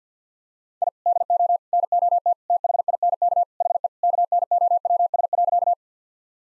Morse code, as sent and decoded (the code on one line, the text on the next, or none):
.. / -.. --- / -. --- - / - .... .. -. -.- / .... . / -.- -. --- .-- ... .-.-.-
I DO NOT THINK HE KNOWS.